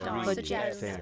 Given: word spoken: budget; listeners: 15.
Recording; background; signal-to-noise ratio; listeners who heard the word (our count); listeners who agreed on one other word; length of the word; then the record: one English word in noise, from a listening test; four-talker babble; -1.3 dB; 1 of 15; 7 of 15; 0.62 s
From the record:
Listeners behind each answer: 7, 1, 1, 1, 1, 1, 1, 1, 1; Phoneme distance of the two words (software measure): 37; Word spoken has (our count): 2 syllables, 5 phonemes, stress on syllable 1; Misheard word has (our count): 2 syllables, 6 phonemes, stress on syllable 2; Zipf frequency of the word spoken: 5.19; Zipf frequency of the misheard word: 4.63